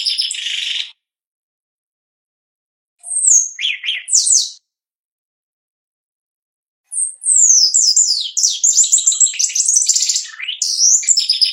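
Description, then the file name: Shiny cowbird song in three bursts separated by pauses: a brief buzzy note, a few sharp high chirps, then a long bubbling cascade of whistled and trilled notes. "canto do chupim"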